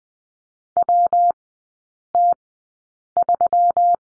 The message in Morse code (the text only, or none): WT3